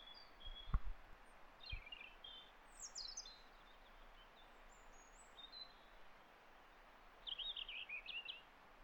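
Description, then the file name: European robin giving several high, sweet twittering phrases separated by pauses, against background hiss, with a couple of low knocks early on. "Erithacus rubecula"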